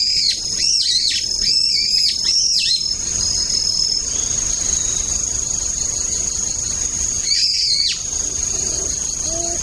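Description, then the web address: Brown-eared bulbul giving a quick series of harsh, shrill squealing calls, then a pause and one more loud screech, over a constant high-pitched buzzing background. Autumn. "sikioto birds akihiyodori"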